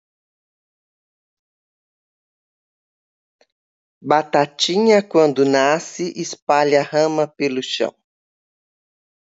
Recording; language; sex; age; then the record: short text; Brazilian Portuguese; female; 70 to 79 years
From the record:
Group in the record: control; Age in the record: 70 years